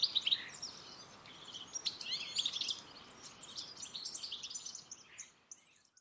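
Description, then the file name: European goldfinch chatter, quick tinkling notes clustered in the first half, fading to quieter scattered chirps before ending in near silence. "Carduelis carduelis"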